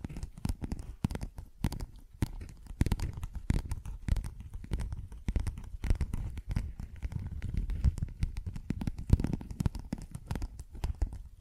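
Dense, irregular tapping and scratching sounds, made up of sharp clicks that come several times a second without a steady rhythm. Rough, rustling textures with a tearing, crinkling quality run underneath, heavy in the low end, with brief louder bursts scattered throughout.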